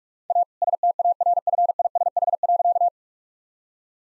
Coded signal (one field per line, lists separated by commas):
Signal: Morse code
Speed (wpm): 46 wpm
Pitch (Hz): 700 Hz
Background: none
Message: A STARFISH.